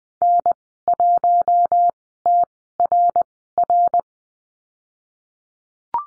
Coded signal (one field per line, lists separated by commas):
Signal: Morse code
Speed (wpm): 20 wpm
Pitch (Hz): 700 Hz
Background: none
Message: N1TRR